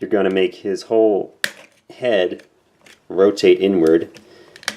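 Someone talks while handling a Transformers Generations Combiner Wars Motormaster robot toy, rotating its whole head inward into the plastic body during the transformation into truck mode. A few brief sharp handling ticks come near the end, around 4.6 to 4.7 s. The head has not yet clicked into place when the clip ends.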